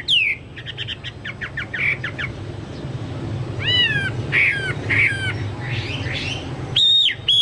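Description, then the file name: Chinese hwamei song: a descending whistle, fast repeated notes, then spaced loud slurred whistles and a burst of clear notes near the end, over low hum. "hwamei-2-omkicau"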